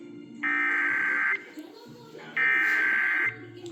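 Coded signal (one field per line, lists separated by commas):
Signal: Emergency Alert System (SAME) tones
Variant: header bursts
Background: speech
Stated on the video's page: Flash flood warning relayed by station KGGI.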